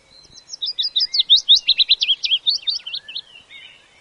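Willow warbler song, a rapid run of clear slurred notes that gently descends in pitch and fades out over about three seconds.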